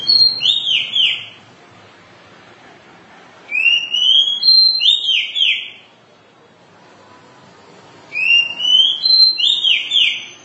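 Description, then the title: Oriental magpie-robin singing phrases of bright, rising whistles and slurred notes, repeated three times with pauses of about two seconds between them. Long-duration song. "Kacer"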